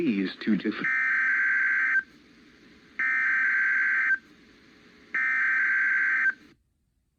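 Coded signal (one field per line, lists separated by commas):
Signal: Emergency Alert System (SAME) tones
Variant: header bursts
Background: speech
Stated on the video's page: Real EAS required weekly tests, including failed ones, received in Georgia and Florida.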